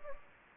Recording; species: mosquito wingbeat signal from an infrared sensor; Anopheles gambiae